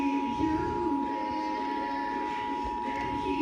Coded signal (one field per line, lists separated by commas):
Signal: Emergency Alert System (SAME) tones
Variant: 853 and 960 Hz attention tone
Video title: EAS #11 Required Monthly Test